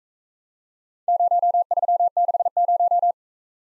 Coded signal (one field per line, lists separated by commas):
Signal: Morse code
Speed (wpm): 43 wpm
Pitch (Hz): 700 Hz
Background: none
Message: 0360